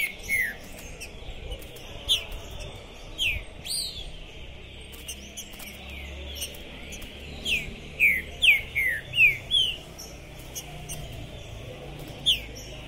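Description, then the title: Green-winged saltator singing clear downward-slurred whistles, scattered at first then a run of five quick notes, with faint high chirps and clicks behind. Captive trinca-ferro worked up ("possessed") at the entrance of a singing tournament; recording meant to warm up other trinca-ferros for contests; "Trinca Ferro Pistoleiro 2021". "Esse É PERFEITO Para ESQUENTAR Seu TRINCA Piando, Cantando E Macheando Na DISPUTA. Esse TRINCA FERRO ficou POSSUÍDO na PORTA do TORNEIO! Trinca Ferro Pistoleiro 2021!"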